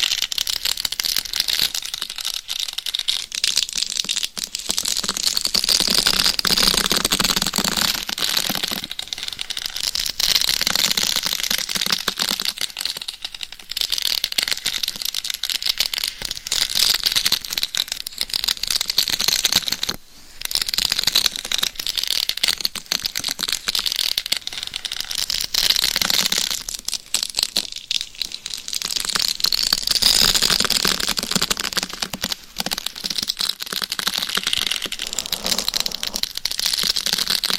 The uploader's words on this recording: ASMR Binaural Mic Scratching - Brain Scratching with 10 Mics for 100% SLEEP No Talking.